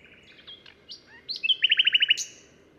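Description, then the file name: Common nightingale song: soft twitters and rising whistles, then a loud burst of rapid, evenly repeated notes. "Luscinia megarhynchos"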